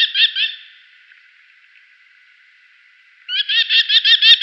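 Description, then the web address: Merlin chattering call, a fast harsh series of sharp notes, a brief burst at the start, then a pause before a longer rapid run near the end. Female bird. "Schulze Peter Merlin female"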